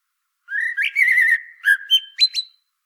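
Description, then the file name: Common blackbird whistling a smooth, fluted phrase followed by a few quick, thin high notes; a clean recording with nothing else audible. "Turdus merula"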